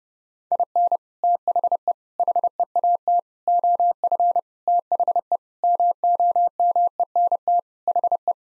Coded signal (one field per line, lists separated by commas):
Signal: Morse code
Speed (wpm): 30 wpm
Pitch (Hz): 700 Hz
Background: none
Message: IN THE HEAT OF THE MOMENT HE